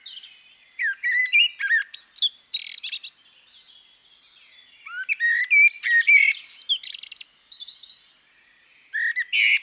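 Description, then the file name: Common blackbird song: low fluted warbling phrases, each ending in a high squeaky twitter, in three bursts separated by short pauses. "CHernyj drozd - Turdus merula - British Library"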